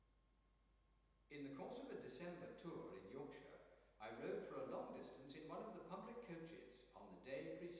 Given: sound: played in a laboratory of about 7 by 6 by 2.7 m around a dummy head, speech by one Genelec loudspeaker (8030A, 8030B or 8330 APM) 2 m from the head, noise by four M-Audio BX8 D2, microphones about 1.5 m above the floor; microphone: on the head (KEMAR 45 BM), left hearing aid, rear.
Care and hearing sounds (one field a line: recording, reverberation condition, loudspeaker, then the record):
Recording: male speech in English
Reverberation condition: high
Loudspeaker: 30 degrees to the left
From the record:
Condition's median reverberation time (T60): about 1300 ms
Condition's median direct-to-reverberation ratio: about -4.0 dB